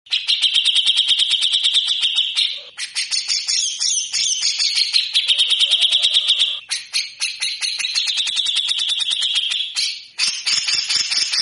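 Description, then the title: Grey-cheeked bulbul pouring out rapid, grating trills and chatters in long phrases, pausing briefly around three, seven and ten seconds. Vigorously singing bird with the harsh rattling song style called besetan kasar. "MASTERAN CUCAK JENGGOT GACOR FULL BESETAN KASAR"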